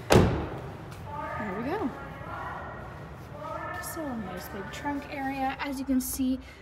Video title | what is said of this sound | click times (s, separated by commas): 2017 Toyota Corolla LE Review | you have to hear it click open | 0.1 s